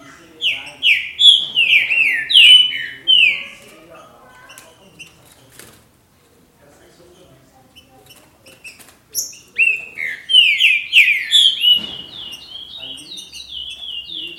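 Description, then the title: Green-winged saltator song: a run of loud falling whistles, a long quiet stretch of several seconds, then another rapid series of downslurred whistles. "Trinca Ferro"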